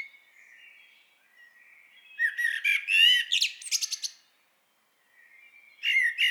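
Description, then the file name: Common blackbird's soft low notes lead into a loud phrase of varied slurred notes and fast high trills, followed by silence and a new phrase starting. "Turdus merula"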